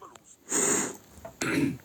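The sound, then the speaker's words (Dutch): Two dry, raspy bursts of a tickly cough, breathy and harsh, separated by a short pause, with no talking over them. “Als wij zo'n kriebelhoest horen, dan denken wij altijd van... oh mijn god, is het wel goed met hem?”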